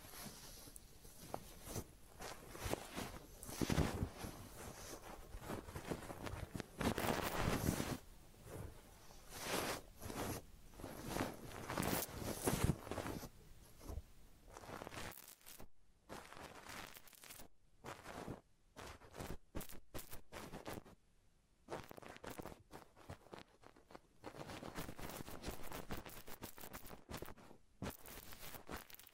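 Head massage and ear cleaning: dense scratching and rubbing fill the first half, with louder crackly strokes around four and seven seconds. After about fifteen seconds the sounds break into short, separate scrapes and taps with brief silences between them, thickening again near the end.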